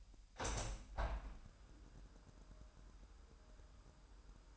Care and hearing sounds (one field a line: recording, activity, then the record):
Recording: daily activity, microphone in the room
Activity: open window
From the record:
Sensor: 2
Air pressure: 998.4 hPa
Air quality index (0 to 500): 132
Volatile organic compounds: 3 ppm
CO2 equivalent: 1493 ppm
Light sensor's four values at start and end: 6/15/6/7 and 6/15/6/7